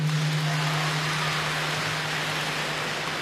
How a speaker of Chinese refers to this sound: 你看这掌声就热烈多了吧？